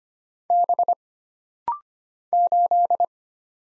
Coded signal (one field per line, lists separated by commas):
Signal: Morse code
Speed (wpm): 25 wpm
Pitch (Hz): 700 Hz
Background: none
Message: B 8